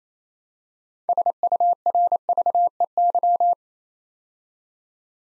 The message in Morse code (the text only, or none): SURVEY